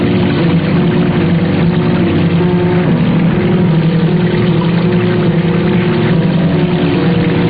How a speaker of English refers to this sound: Somewhere over the Atlantic, the motors conked out, and we had to ditch the plane in the ocean.